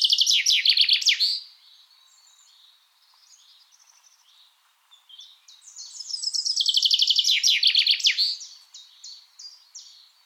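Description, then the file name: Common chaffinch song: a fast, descending rattling trill ending in a flourish, given twice with a pause between, while softer high chirps from other birds fill the gap. "Fringilla coelebs"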